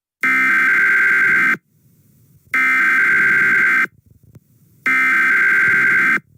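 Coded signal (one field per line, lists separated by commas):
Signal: Emergency Alert System (SAME) tones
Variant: header bursts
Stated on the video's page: Fictional EAS scenario made for entertainment.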